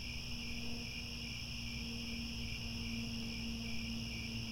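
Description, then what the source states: Steady high cricket trilling in layered bands, with a faint low tonal hum running through and rumbling noise beneath. Chorus of crickets chirping at twilight as the sun sets, with stars overhead.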